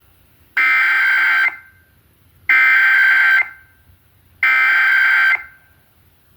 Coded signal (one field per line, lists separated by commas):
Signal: Emergency Alert System (SAME) tones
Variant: header bursts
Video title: Minnesota Required Monthly Test on KQRS and KMWA (EAS #816-817)